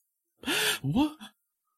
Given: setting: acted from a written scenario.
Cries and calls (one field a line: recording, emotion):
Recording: vocal sound without words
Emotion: positive surprise